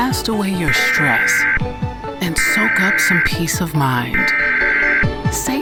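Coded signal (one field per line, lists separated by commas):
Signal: Emergency Alert System (SAME) tones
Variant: header bursts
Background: speech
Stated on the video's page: Fictional EAS scenario, not a real broadcast.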